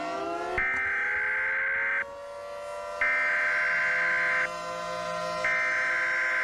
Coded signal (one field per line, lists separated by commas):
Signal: Emergency Alert System (SAME) tones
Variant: header bursts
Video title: Reacting To The Alternate Universe:An EAS Scenario